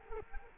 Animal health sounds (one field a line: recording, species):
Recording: mosquito wingbeat signal from an infrared sensor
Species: Culex quinquefasciatus